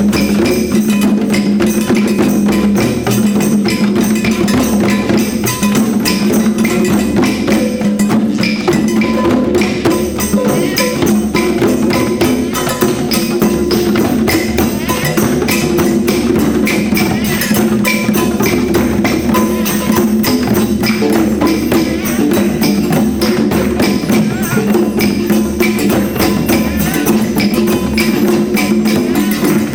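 A Boy Scout drum circle plays a dense, unbroken wash of many drums, with steady low ringing tones and constant loudness throughout.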